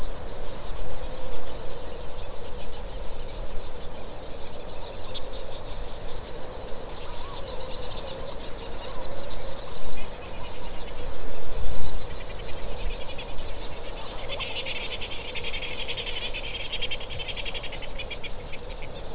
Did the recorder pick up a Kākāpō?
no